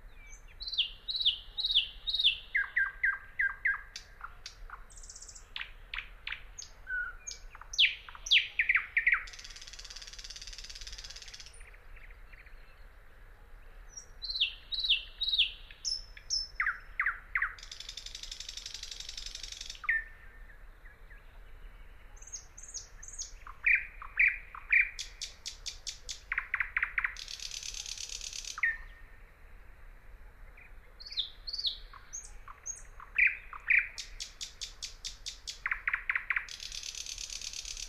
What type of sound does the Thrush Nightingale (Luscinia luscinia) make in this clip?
song